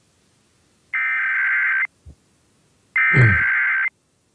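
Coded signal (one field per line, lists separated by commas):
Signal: Emergency Alert System (SAME) tones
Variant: header bursts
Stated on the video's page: National EAS test.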